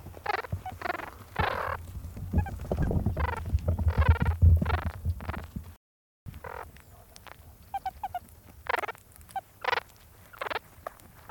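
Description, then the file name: Meerkat pups squeaking in short bursts over low crunching and crackling, with a brief silent break midway before quieter calls resume. Meerkat pups chatting while eating a scorpion. "edited meerkat pups chatting as they eat a scorpion"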